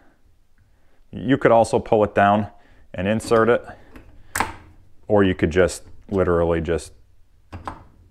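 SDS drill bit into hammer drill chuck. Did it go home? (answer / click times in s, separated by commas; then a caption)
yes / 7.7 s. Someone talks while an SDS drill bit is pushed straight into the chuck of a DeWalt DCH172 hammer drill without pulling the ring down. A sharp click at 7.7 s marks the bit locking in place.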